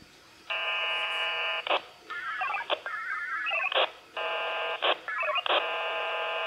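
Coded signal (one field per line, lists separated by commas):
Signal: HF data modem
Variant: VARA FM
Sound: alternating bursts of dense multi-tone warbling and short hissy blasts, trading back and forth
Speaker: and there you have it guys there's vara fm running on the raspberry pi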